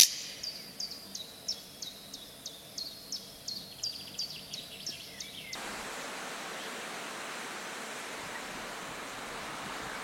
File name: Canto do codornizao africano